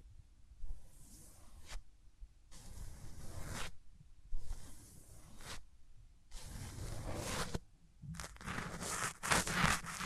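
Hands rubbing over the ears in slow bursts of soft rustling swishes, each about a second long, growing busier and crackly near the end.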